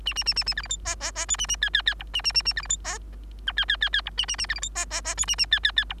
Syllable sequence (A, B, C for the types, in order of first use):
A A A A A B C D E E E F A A G G G H A A A A B C D E I G G G G H A A A B C D E E E F A A G G G H